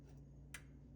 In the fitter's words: push, you should hear a click.